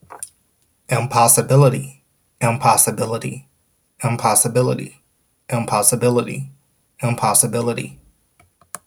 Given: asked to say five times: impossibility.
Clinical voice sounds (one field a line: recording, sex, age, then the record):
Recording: repeated word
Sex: male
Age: 30 to 39 years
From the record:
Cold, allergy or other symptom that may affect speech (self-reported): no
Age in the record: 33 years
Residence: Washington, United States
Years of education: 14